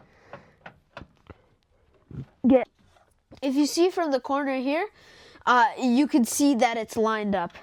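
A replacement part is worked into the housing of a Frigidaire FGMV155CTF over-the-range microwave, being repaired for no power on the display, until its corner lines up. Light handling knocks are heard at about 0.3, 0.7, 1.0 and 1.2 s, followed by someone talking. The part is lined up but has not yet been pushed over and lifted to lock in, so nothing has seated or clicked yet.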